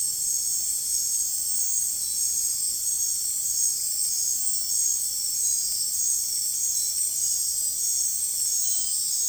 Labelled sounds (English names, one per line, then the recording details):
none
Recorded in dense forest near Puerto Asís, Putumayo, Colombia, on 23 June 2025 at 20:30
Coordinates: 0.503, -76.323
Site G059